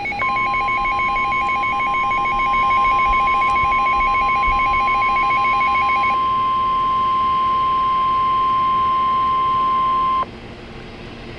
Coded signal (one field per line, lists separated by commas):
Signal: Emergency Alert System (SAME) tones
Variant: 1050 Hz attention tone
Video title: Flash Flood Warning (EAS #22)